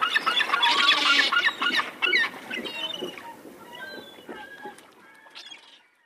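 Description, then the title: Gulls calling in a dense, overlapping crowd, harsh squealing cries tumbling over one another, loud at first and thinning out toward the end. "Seagulls"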